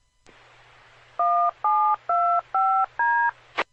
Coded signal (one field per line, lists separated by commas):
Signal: DTMF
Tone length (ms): 330 ms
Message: 1725D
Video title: 2014-04-13 - Central Arkansas Radio Emergency Net CAREN